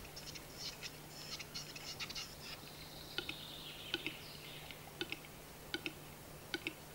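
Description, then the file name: Western capercaillie display, a run of sharp dry clicks followed by a hissing, scraping phrase, then more spaced clicks; a steady low hum runs throughout. Display song (dürgés) recorded in the Czech Republic. "Siketfajd dürgés Csehországból"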